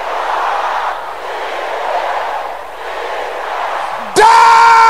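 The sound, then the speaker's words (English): A church audience shouts loudly together in a dense, sustained roar lasting about four seconds, shouting the phrases spirit husband or spirit wife, spirit parents and spirit friends, then a sharp, louder tonal sound with clear pitch abruptly cuts in over it. “Can I hear you shouting those three things?”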